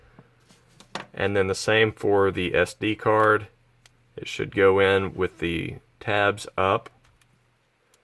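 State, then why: Not seated. An SD memory card is handled at the card slot of an Olympus camera, oriented with the tabs up, while someone talks. A few faint ticks and handling sounds occur near the start and end. Nothing has seated or clicked yet.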